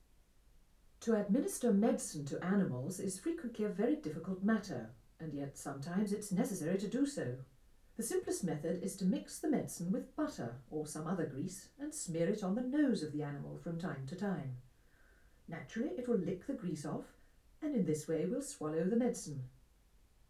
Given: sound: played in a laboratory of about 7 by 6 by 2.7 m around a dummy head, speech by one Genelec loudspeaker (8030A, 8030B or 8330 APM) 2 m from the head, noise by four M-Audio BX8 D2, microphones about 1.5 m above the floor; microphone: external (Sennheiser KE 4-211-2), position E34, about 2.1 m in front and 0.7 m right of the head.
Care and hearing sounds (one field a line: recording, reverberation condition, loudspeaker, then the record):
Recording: female speech in English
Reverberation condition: low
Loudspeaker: 60 degrees to the left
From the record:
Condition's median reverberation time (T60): about 310 ms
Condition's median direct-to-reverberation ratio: about 3.5 dB